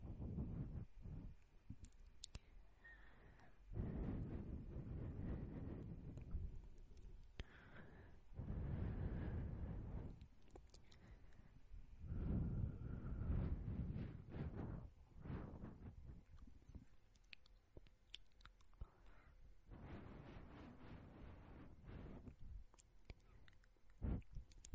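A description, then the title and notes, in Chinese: Blowing breath sounds and wet saliva noises. Heavy, rumbling puffs of air come in bursts of a few seconds each, roughly every few seconds, with quieter gaps between. Sharp mouth clicks and smacks pop up here and there, especially near the end. 女友吹气声口水音。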